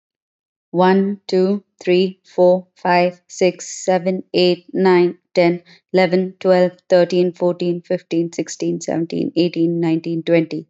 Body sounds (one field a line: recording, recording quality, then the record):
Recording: counting at a normal pace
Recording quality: excellent, no background noise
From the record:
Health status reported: healthy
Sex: female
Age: 32 years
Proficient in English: yes